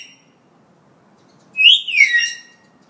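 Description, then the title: Hill myna gives a single loud, rich whistle that rises briefly, then wavers and slides downward, after a moment of quiet. Vocal ('gacor') hill myna; tutor audio (masteran) for training birds. "Suara Burung Beo Gacor Cocok Untuk Masteran"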